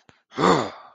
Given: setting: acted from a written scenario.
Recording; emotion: vocal sound without words; anger